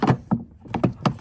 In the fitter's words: It'll snap right into place, and you're good to go.